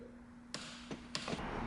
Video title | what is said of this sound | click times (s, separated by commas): This KLX140L Just Got WAY Better - YZ85 Fork & Triple Clamp Swap - Braap Shop EP14 | Just keep going till you hear a click. | 0.5 s